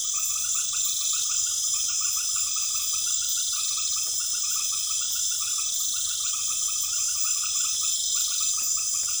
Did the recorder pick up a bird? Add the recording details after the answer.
no. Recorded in pastures near Puerto Asís, Putumayo, Colombia, on 28 February 2025 at 20:30. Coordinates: 0.505, -76.324. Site GP08